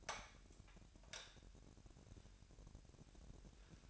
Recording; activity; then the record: daily activity, microphone in the room; light on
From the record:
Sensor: 2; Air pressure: 1011.8 hPa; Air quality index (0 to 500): 212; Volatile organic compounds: 3 ppm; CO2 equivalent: 1496 ppm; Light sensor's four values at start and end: 11/25/10/11 and 15/40/17/17